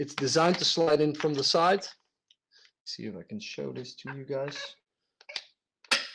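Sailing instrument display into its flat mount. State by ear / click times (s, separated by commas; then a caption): seated / 5.8 s, 5.9 s. Someone talks, then a sailing instrument display is slid sideways into its flat plastic mount, which attaches with four screws, giving small scraping taps around 2.3 s and 5.2–5.4 s. A sharp double click lands at 5.9 s as the display seats, held tight in the mount so it cannot fall out.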